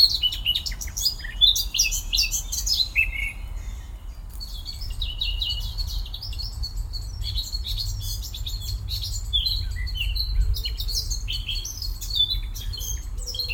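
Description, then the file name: Eurasian blackcap warbling: a busy opening burst of high twittering notes, then a steadier, continuous stream of thin warbled notes, with a low background rumble. "Sylvia atricapilla"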